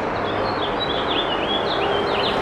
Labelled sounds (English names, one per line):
House Finch song